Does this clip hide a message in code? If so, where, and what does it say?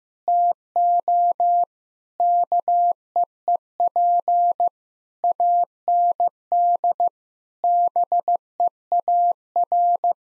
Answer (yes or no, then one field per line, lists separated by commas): yes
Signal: Morse code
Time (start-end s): 0.3-10.1 s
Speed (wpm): 15 wpm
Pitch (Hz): 700 Hz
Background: none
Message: TO KEEP AND BEAR